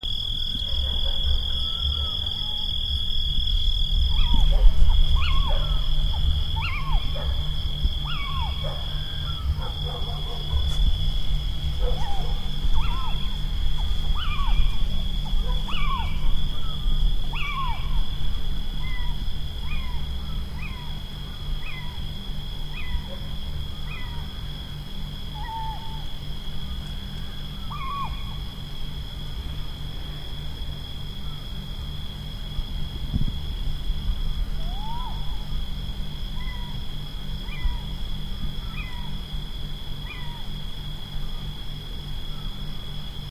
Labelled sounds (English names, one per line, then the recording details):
Little Owl call
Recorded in the wild
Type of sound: call
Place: Vasilikos, Zakynthos, Ionien Islands, GR
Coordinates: 37.7175, 20.9817
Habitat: olive grove
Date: 2012-07-05
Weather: 25°C, clear, almost windless
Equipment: Sound Devices 702, Sennheiser MKH 415 T, Rhode Windschutz
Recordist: Frommolt, Karl-Heinz
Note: Logothetis Farm: Rufe von Steinkäuzen